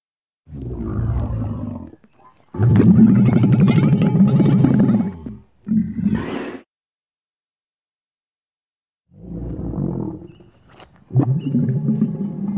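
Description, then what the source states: Camel grunting in several deep, gurgling bursts of up to about three seconds, separated by silences, with a rasping, bubbling texture. Mating call; grunts.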